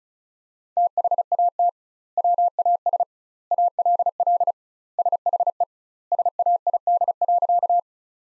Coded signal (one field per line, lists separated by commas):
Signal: Morse code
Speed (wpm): 34 wpm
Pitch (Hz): 700 Hz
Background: none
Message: THAT WAS ALL SHE SAID.